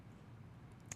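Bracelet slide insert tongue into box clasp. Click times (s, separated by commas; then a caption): 0.9 s. The slide insert tongue of an oval gold bracelet set with 100 F-color diamonds is pushed into its box clasp, which has a safety catch along the side. Over a steady low background hum, a single short, sharp click sounds at 0.9 s as the tongue seats and the clasp clicks shut.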